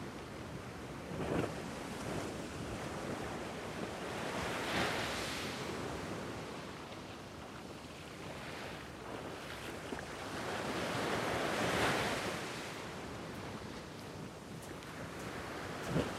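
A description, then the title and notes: Ocean surf washes in continuous layers under a steady sea breeze, with wind buffeting the microphone low down. Waves swell and break in soft, broad surges around 5 and 12 seconds, with smaller splashes between, the hiss never fully dropping away. The sea breeze gracefully embraces and hushes the bustling sounds of the ocean, crafting a serene and delicate soundscape. Found along the coastline of Gjipe, hidden within the remote canyons of Albania. Recorded by Rafael Diogo.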